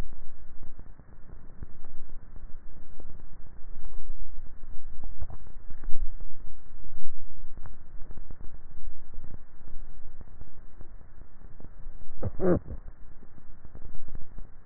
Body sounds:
swallowing sounds by neck microphone; 2
4.95-6.12 s: swallow
8.05-8.95 s: swallow
From the record:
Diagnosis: dysphagia

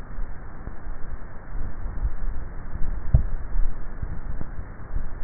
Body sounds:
swallowing sounds by neck microphone; 1
2.85-3.78 s: swallow
From the record:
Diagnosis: dysphagia

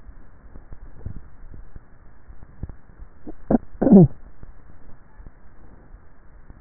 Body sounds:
swallowing sounds by neck microphone; 1
0.98-1.65 s: swallow
From the record:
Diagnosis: dysphagia

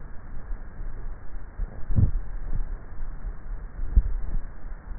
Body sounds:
swallowing sounds by neck microphone; 2
1.75-2.52 s: swallow
3.78-4.35 s: swallow
From the record:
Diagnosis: dysphagia

